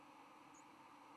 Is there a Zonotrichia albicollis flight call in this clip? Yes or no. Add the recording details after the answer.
no. Another species' flight call is heard. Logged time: 07:13 on 10 November 2014